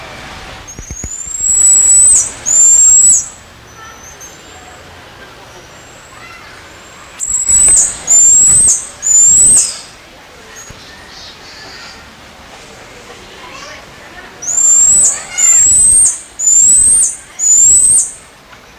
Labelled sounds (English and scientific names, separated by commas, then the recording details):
White-headed Marmoset (Callithrix geoffroyi) call
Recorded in captivity
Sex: group
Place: Zoo Berlin, Berlin, DE
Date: 1999-08-23 14:34
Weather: wolkig, ca. 17-18°C
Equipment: Sony WM-D6C, Sennheiser ME 80, Kopie Uher 4000 Report Monitor
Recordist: Tembrock, Günter